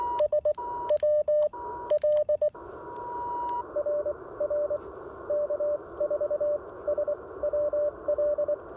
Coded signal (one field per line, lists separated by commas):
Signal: Morse code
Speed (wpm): 20 wpm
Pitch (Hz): 590 Hz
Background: none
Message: SWL RR K4SWL